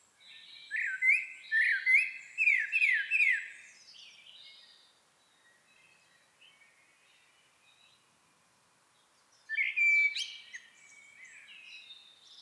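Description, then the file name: Common blackbird giving a quick series of clipped whistled notes, then a pause of several seconds before another short squeaky phrase. "Turdus merula"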